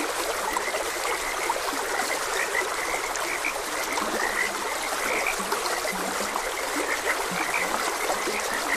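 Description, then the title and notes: Frogs croaking in short low notes around the middle, with brief higher chirps scattered throughout, over the steady rush and trickle of a flowing stream. Frogs croaking beside a gentle stream. "Gentle Stream and Frogs Croaking. Sleep and Relaxation Podcast"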